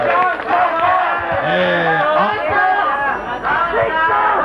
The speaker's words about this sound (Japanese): はい、もう一度大々的な拍手。